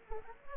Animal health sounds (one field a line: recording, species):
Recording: mosquito wingbeat signal from an infrared sensor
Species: Anopheles arabiensis